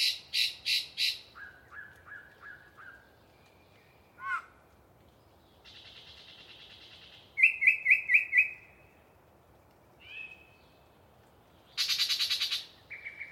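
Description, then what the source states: Yellow-breasted chat song mixing loud harsh clucks, a run of short lower whistles, a nasal buzz, a rapid high rattle and a harsh chatter, each phrase set apart by pauses. Single very chatty bird giving a long pre-dawn song bout in deciduous cover near the microphones.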